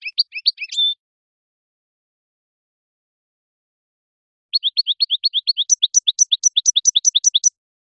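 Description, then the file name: European goldfinch song, a short burst of tinkling twitters, then after a pause a fast run of repeated high chirps rising in pitch toward the end. "audio burung goldfinch"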